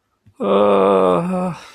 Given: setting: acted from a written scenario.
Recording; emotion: vocal sound without words; distress